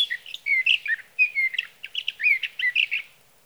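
Sage thrasher giving a rapid warbled song of slurred whistles and short notes, strung closely together.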